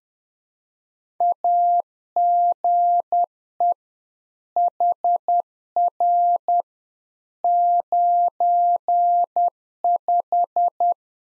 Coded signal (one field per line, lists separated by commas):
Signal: Morse code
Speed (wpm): 10 wpm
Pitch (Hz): 700 Hz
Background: none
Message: AGE HR 95